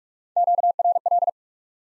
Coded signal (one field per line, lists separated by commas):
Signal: Morse code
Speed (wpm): 45 wpm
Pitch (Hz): 700 Hz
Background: none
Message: QRL